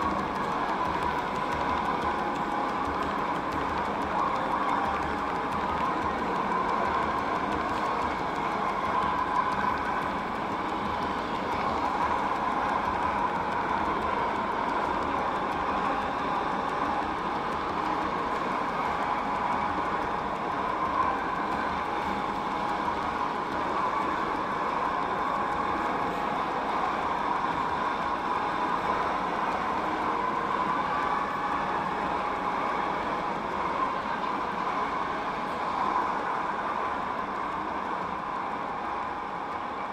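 A Rotterdam city square fills with a steady, dense rumble of passing vehicles, possibly trams or trains, under a constant mid-pitched hum.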